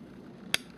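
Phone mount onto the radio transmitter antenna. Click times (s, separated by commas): 0.5 s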